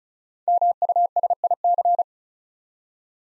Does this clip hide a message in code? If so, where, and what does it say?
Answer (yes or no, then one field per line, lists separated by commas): yes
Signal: Morse code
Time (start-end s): 0.5-2.0 s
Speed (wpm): 36 wpm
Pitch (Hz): 700 Hz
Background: none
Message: MUSIC